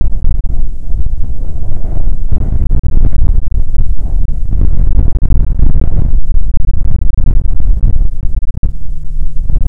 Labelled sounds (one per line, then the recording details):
wind
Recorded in the Prudhoe Bay oil fields, Alaska, on 16 July 2019 at 15:54
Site 13